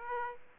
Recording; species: mosquito wingbeat signal from an infrared sensor; Aedes aegypti